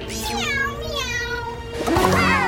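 Several kittens meow over one another in high, wavering cries that rise and fall, a fresh burst of mewing joining in toward the end. No one speaks.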